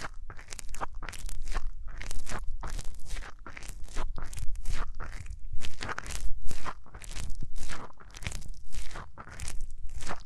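Hands rub over the ears in a steady rhythm of crunchy, scratchy swipes, about two per second, with a low rumble beneath.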